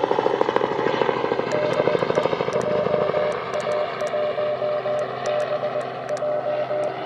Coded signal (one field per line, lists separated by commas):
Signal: Morse code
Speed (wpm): 19 wpm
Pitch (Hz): 600 Hz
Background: none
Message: DE JA1BJ